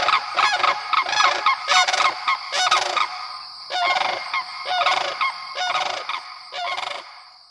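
Sandhill crane calls: loud, rolling, harsh trumpeting notes in quick bursts, first nearly continuous, then in shorter separated bouts.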